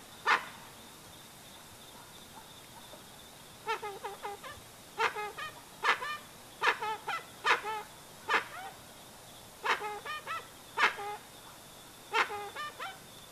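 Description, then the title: Dusky-legged guan calling in short clusters of nasal, harmonic honks separated by pauses, over a steady high-pitched insect-like hum. Calls of the dusky-legged guan, used as a sound to call the bird in. "Pavanegra. Pava de Monte o Pava Oscura Cantando Sonido para Llamar"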